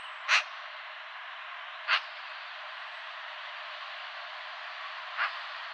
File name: Pica pica